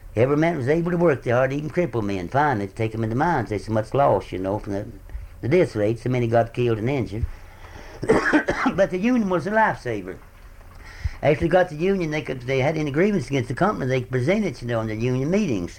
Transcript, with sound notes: Every man was able to work, they hired even crippled men, finally, to take them in the mines. They’s so much loss, you know, from the death rate, so many got killed and injured. [coughs] but the union was a lifesaver. After they got the union, they could, they had any grievance against the company, they presented it, you know, in the union meetings.